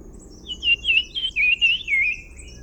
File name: Brown-cheeked fulvetta call recorded in February 2011 at Agumbe, Karnataka